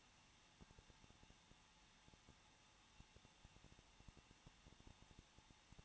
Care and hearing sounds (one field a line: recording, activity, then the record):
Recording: daily activity, microphone in the room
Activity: no activity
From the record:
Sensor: 1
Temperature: 20.1 degrees Celsius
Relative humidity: 39.3%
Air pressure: 1006.4 hPa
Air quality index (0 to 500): 218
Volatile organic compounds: 80 ppm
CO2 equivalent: 3606 ppm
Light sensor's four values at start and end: 1/2/1/1 and 1/2/1/1